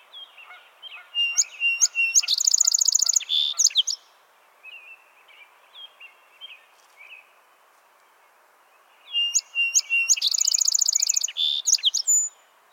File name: song sparrow